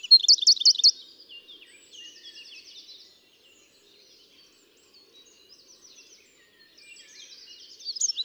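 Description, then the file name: Eurasian wren, a second of loud high rapid notes, then long stretches of faint high trilling, ending with a short louder burst. "Troglodytes troglodytes"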